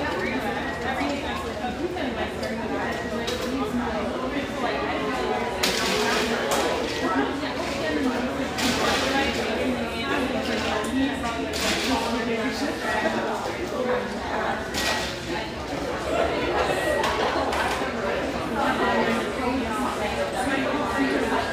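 Steady, dense chatter of many voices fills a brick-walled spot frequented by railyard staff, with no pauses in the murmur. Sharp clinks and knocks, like dishes or utensils, punctuate it every few seconds. A low hum runs underneath throughout.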